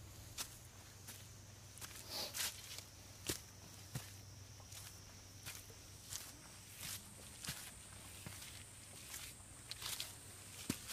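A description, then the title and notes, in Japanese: Someone walks through summer mountains, with crisp, uneven footsteps falling roughly once a second. A steady, shrill insect drone runs the whole time and climbs a little higher partway through, over a low, constant rumble. 環境音 夏山を歩く。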